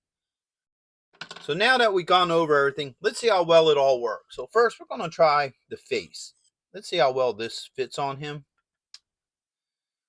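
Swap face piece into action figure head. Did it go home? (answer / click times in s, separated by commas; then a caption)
yes / 8.9 s. An interchangeable plastic face piece is pressed onto the head of a Ninjor action figure from Mattel's Masters of the Universe Masterverse New Eternia line. Someone talks through most of the clip, and then a single sharp tick at 8.9 s marks the face snapping into place, seated.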